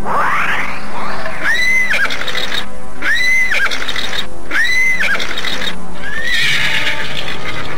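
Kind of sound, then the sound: animal, horse neighing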